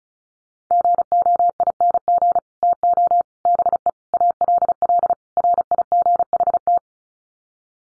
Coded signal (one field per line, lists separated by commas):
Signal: Morse code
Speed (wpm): 34 wpm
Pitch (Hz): 700 Hz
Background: none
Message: GOING TO BE ALL RIGHT